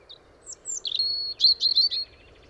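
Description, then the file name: European robin song phrase: a few very high thin notes, a drawn-out whistle, then rapid liquid warbling trills, all above a low steady hum. "Erithacus rubecula"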